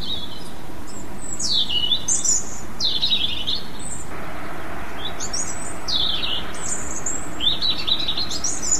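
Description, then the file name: European robin song of sharp, high descending whistles and brief twitters, spaced in separate short phrases, with a steady noisy background. "rouge gorge"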